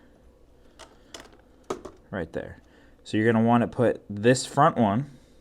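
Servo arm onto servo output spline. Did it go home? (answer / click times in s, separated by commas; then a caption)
no / none. A front plastic servo arm is being handled to go onto the splined output of a new EMAX SXC24 servo, in the middle position, on a 1/24 RC crawler. A few short, faint taps and handling clicks come from about 0.8 to 1.9 s, and then someone talks. Nothing has seated or clicked yet.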